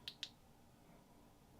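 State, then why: Seated. A DJI Action 5 Pro action camera in its cage is clicked into the handle grip assembly of a BRDRC grip kit. Two sharp, bright snaps ring out at 0.1 s and 0.2 s over a faint, steady background. The camera is seated in the grip.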